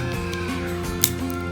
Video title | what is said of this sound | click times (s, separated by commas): How to install roof rails on the 2019/2020 Honda Odyssey | the trim front end of the trim and it snaps into place just like that now | 1.0 s